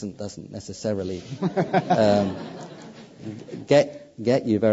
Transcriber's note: laughter